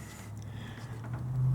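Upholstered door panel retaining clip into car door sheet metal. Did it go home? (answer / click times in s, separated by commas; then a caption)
no / none. A retaining clip on an upholstered door panel of a 1929 Chrysler passes through the fabric and wood backing as it is handled toward a hole in the car door's sheet metal. A low, steady hum rises slowly in level, with only a couple of faint ticks near 0.4 seconds. Nothing has seated or clicked yet; the clip is not yet home.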